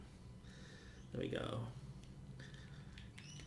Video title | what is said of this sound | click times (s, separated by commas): S.H. MonsterArts Godzilla 2004 figure UNBOXING ! | And there we go, pops right in just like I knew it would. | 3.0 s, 3.2 s